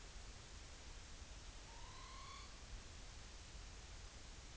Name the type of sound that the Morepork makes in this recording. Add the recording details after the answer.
trill. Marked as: faintness 4/5. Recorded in New Zealand on 30 April 2013. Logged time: 02:19. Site Ponui